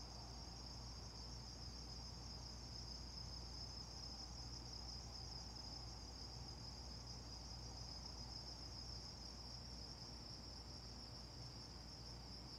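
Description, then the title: Insects: continuous high-pitched insect trilling, even and unchanging, backed by a persistent low hum. Insects before dawn in Carefree, Arizona, with the low thrum of air conditioners. "Carefree Arizona, Predawn insects, the occasional car and Coyote"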